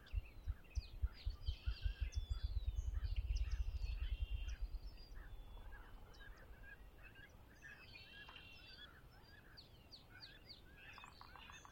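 A dawn bird chorus at Conner's Lake: many chirps, trills and short whistles overlap throughout, busiest around eight to ten seconds. For the first four seconds a deep, rapid fluttering throb runs underneath, then fades, leaving a soft steady hush.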